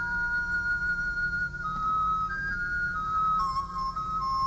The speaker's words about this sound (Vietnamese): Phật bắt đầu thổi sáo.